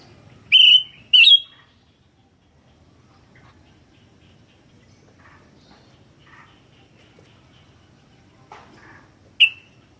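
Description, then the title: Sooty-headed bulbul calling: two sharp, bright notes in quick succession at the start, a single note near the end, faint twittering between them. "kutilang"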